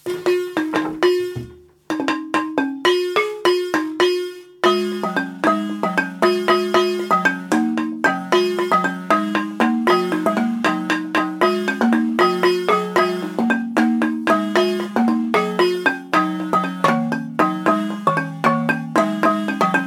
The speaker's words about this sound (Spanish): y dentro de la calabaza hay semillas también de la propia calabaza. De forma que cuando tú golpeas a la lámina, vibran las semillas sobre la calabaza y además hace un efecto de zumbido. Cuando empiezas a tocar así, es cuando empiezas a sentir África.